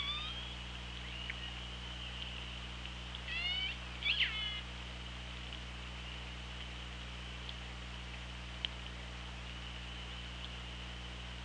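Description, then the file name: Killer whale calls: a short burst of harmonic, wavering calls grouped together partway through, then mostly steady underwater hiss with an occasional click. OrcaLab hydrophone, 24 August 2017, around 17:04. "Orca Lab UTLN JASON 20170824 170442"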